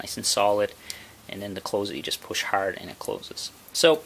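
A Leatherman Sidekick multi-tool's steel folding blade is handled while someone talks over it, with no distinct click heard. The blade is meant to be pushed hard past its lock to snap closed into the handle, but nothing has seated or clicked yet when the clip ends.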